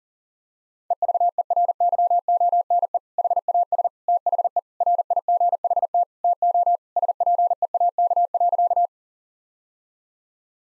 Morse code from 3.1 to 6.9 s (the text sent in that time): HAS THE RIGHT TO